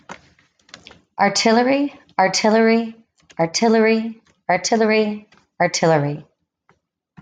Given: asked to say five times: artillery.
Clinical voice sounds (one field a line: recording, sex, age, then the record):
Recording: repeated word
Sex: female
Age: 30 to 39 years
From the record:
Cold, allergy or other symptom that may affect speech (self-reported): no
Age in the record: 32 years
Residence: Nevada, United States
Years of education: 16